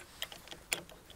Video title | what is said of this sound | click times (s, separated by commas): DEDRA DED7193V 36V 4w1 piła łańcuchowa, podkrzesywarka do ogrodu sadu i działkę (cz.2) | blocked, turn it until it clicks in here | 0.7 s